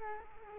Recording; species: mosquito wingbeat signal from an infrared sensor; Culex quinquefasciatus